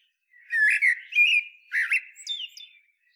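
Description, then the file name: Common blackbird song: a continuous run of mellow, fluty notes around the same pitch, with thin high squeaks laid over them. "Turdus merula"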